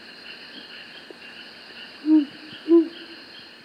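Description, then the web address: Azara's night monkey giving a pair of deep, brief hoots in the second half, set against continuous high insect droning. Recorded in the South American rainforest. "Natures Songs S America Primates of the Rainforest Azara's night monkey"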